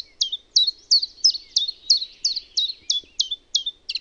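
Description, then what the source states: Common chiffchaff singing a brisk series of clipped, high, falling notes at an even pace, roughly three each second. Own recording made in Finland.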